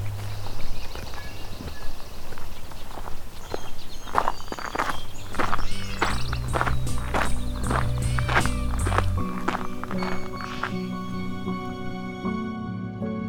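Outdoors on a summer's day at an ecological preserve, footsteps crunch at a steady pace through the first nine seconds, crisp. A low hum runs underneath, and after the steps stop, a few thin bright tones ring on to the end.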